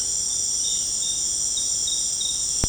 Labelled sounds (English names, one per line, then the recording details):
none
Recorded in pastures near Puerto Asís, Putumayo, Colombia, on 22 June 2025 at 18:30
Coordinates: 0.496, -76.326
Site GP01